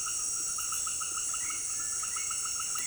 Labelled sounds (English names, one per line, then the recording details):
none
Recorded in secondary vegetation near Puerto Asís, Putumayo, Colombia, on 8 March 2025 at 18:00
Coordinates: 0.488, -76.319
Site G095